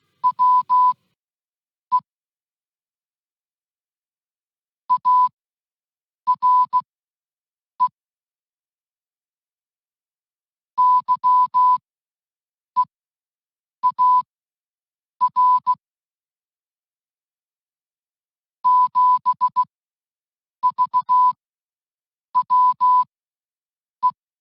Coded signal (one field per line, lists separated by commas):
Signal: Morse code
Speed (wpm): 16 wpm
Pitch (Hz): 1000 Hz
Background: music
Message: WE ARE YEAR 7V WE